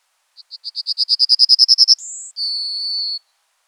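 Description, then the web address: Yellowhammer song: a run of about fourteen quick, high notes growing louder, then a brief higher note and a long drawn-out final note. "birdify. emberiza citrinella"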